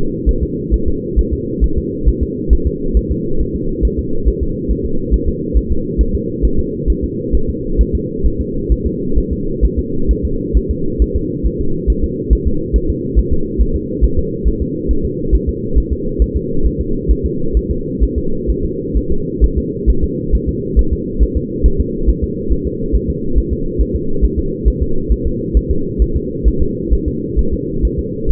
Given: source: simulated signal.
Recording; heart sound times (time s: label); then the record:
fetal heart sounds
0.29 s: S1
0.43 s: S2
0.74 s: S1
0.88 s: S2
1.19 s: S1
1.33 s: S2
1.64 s: S1
1.78 s: S2
2.09 s: S1
2.23 s: S2
2.53 s: S1
2.67 s: S2
2.97 s: S1
3.11 s: S2
3.41 s: S1
3.56 s: S2
3.85 s: S1
3.99 s: S2
4.28 s: S1
4.43 s: S2
4.71 s: S1
4.86 s: S2
5.14 s: S1
5.28 s: S2
5.57 s: S1
5.72 s: S2
6.01 s: S1
6.15 s: S2
6.45 s: S1
6.59 s: S2
6.90 s: S1
7.04 s: S2
7.35 s: S1
7.50 s: S2
7.81 s: S1
7.95 s: S2
8.26 s: S1
8.41 s: S2
8.72 s: S1
8.86 s: S2
9.18 s: S1
9.33 s: S2
9.65 s: S1
9.79 s: S2
10.11 s: S1
10.25 s: S2
10.57 s: S1
10.71 s: S2
11.02 s: S1
11.16 s: S2
11.46 s: S1
11.61 s: S2
11.90 s: S1
12.04 s: S2
12.33 s: S1
12.47 s: S2
12.76 s: S1
12.90 s: S2
13.19 s: S1
13.33 s: S2
13.61 s: S1
13.76 s: S2
14.04 s: S1
14.19 s: S2
14.48 s: S1
14.62 s: S2
14.91 s: S1
15.05 s: S2
15.35 s: S1
15.49 s: S2
15.78 s: S1
15.93 s: S2
16.22 s: S1
16.36 s: S2
16.66 s: S1
16.81 s: S2
17.11 s: S1
17.26 s: S2
17.57 s: S1
17.71 s: S2
18.03 s: S1
18.18 s: S2
18.50 s: S1
18.65 s: S2
18.97 s: S1
19.12 s: S2
19.44 s: S1
19.58 s: S2
19.90 s: S1
20.04 s: S2
20.35 s: S1
20.49 s: S2
20.79 s: S1
20.93 s: S2
21.23 s: S1
21.37 s: S2
21.66 s: S1
21.80 s: S2
22.09 s: S1
22.24 s: S2
22.53 s: S1
22.67 s: S2
22.95 s: S1
23.10 s: S2
23.38 s: S1
23.53 s: S2
23.81 s: S1
23.96 s: S2
24.25 s: S1
24.39 s: S2
24.68 s: S1
24.82 s: S2
25.12 s: S1
25.27 s: S2
25.57 s: S1
25.71 s: S2
26.02 s: S1
26.16 s: S2
26.48 s: S1
26.62 s: S2
26.93 s: S1
27.08 s: S2
27.39 s: S1
27.53 s: S2
27.85 s: S1
27.99 s: S2
28.31 s: S1
From the record:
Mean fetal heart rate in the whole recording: 135 bpm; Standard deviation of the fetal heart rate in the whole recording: 3 bpm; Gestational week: 34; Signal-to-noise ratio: -8.1 dB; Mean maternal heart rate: 72 bpm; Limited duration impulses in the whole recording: absent